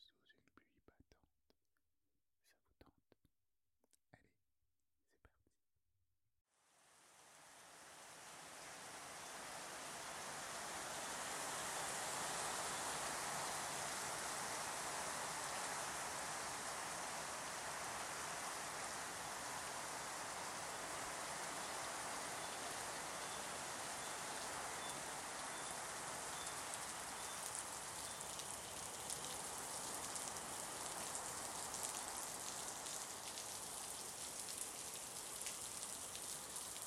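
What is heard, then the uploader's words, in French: Rain begins after about six seconds of near silence broken by a few soft knocks and a faint voice, then builds over several seconds into a dense, steady downpour. The hiss is bright, with fine drop patter throughout and no breaks. Immersion sous la pluie amazonienne. Enregistrement fait par mes soins en Amérique du Sud.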